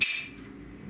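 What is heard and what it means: The second leg of a metal-frame spinal decompression machine is slid into its tube until the spring pin pops into a hole. A single sharp metallic snap is heard at 0.0 s, then fades into a quiet tail. The pin locks the leg in place.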